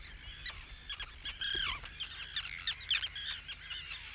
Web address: Roseate